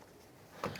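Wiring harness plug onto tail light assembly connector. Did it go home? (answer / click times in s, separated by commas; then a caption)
no / none. A wiring harness plug is being handled and pressed toward the tail light assembly connector of a 2010-2016 Cadillac SRX. After a quiet stretch, a brief handling noise rises at about 0.6 s. The plug has not clicked or seated on the connector yet.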